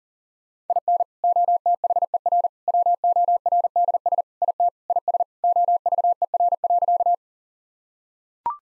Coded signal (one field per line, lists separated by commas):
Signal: Morse code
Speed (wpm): 40 wpm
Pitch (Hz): 700 Hz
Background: none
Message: IN OTHER WORDS IT IS OVER.